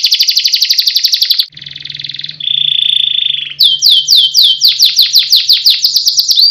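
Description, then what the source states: Canary singing a fast rattling trill, a buzzier section, a sustained even note, then a quick series of downslurred whistles. Competition canary, a national champion; song used as master song for training other birds.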